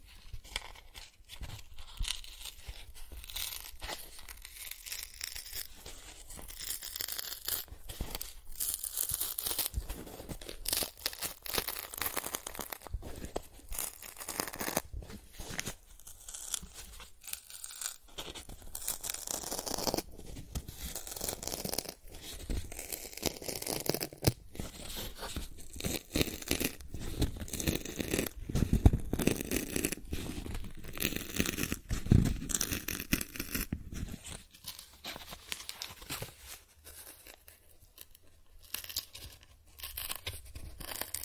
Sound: Cardboard Scratching, Tracing, Tearing